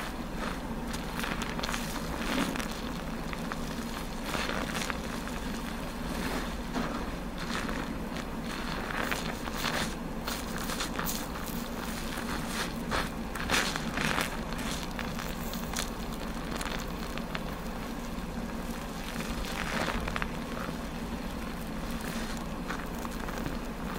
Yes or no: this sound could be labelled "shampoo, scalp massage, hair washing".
yes